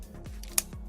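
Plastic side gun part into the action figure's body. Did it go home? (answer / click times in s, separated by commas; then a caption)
yes / 0.6 s. During transformation of a plastic Transformers Cybertron Optimus Prime Leader Class action figure, the second side gun part is swung out to the side and brought down or forward against the figure's body. Over a steady low hum and faint handling noise, a single sharp, bright plastic click rings out at 0.6 s as the gun part clicks into place and is seated.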